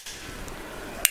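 A plastic indicator module is fitted into the locking holes of a Wipro switch mounting plate, with low, steady handling noise before a single sharp click at 1.1 s. The module seats and locks into the plate.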